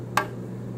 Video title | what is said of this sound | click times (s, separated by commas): Electric Fields and Forces Lab | then you'll connect them with these wires here so they just kind of snap right into place | 0.2 s